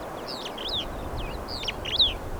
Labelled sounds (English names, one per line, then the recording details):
Superb Starling flight call
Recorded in Kenya on 23 April 2009 at 10:22
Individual 79, of group SRB1